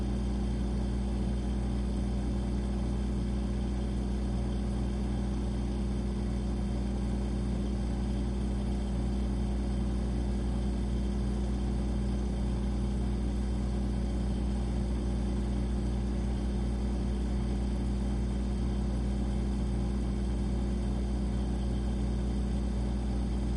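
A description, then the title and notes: An old refrigerator runs with a steady, unbroken motor hum. The sound is low and droning, thick with a deep buzz and a few fixed tones, constant in level for the whole stretch, with a faint hiss above and no distinct events. This refrigerator sound comes from a 1980's refrigerator.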